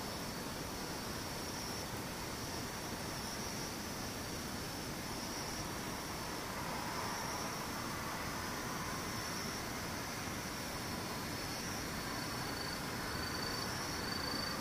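Insects keep up an unbroken, shrill chorus, a steady high buzzing that holds at the same pitch for the whole fifteen seconds. Underneath runs a dense, rough low rumble, like engine or traffic noise, and the overall level stays even throughout.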